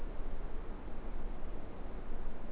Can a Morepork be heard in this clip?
no